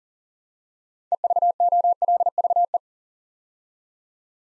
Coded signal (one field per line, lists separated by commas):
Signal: Morse code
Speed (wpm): 39 wpm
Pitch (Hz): 700 Hz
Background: none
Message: EVOLVE